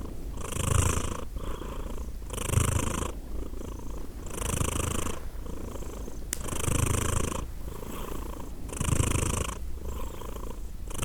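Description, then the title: Cat purring, soft low rumble cycling evenly with breaths about every two seconds, one brief click midway. Cat named Edith purring; Glasgow, Scotland; December 2023. "Edith purring, Glasgow, Scotland in December 2023 – by Steve Urquhart"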